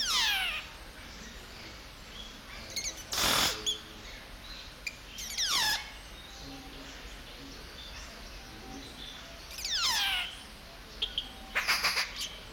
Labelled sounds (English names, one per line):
Yellow-rumped Cacique